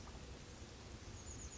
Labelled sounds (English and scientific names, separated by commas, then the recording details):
Chestnut-backed Chickadee (Poecile rufescens)
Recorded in Sonoma County, California